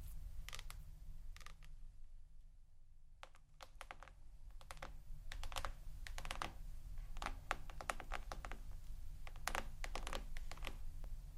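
Sharp tapping clicks arrive in irregular bursts, sparse early then quicker and denser after four seconds, over a steady low hum.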